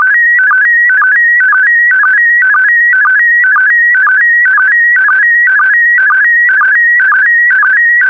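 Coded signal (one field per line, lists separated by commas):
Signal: SSTV (slow-scan television)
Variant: PD120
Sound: warbling electronic tone hopping between pitches, with short low blips about twice a second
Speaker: the next image transmission will start in 10 seconds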